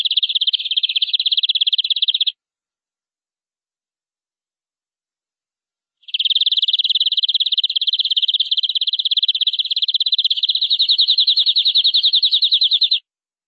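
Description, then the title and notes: Canary trilling: a fast, even buzzy trill held at one high pitch, a short burst, a pause of several seconds, then a much longer unbroken trill. "Suara Burung Kenari"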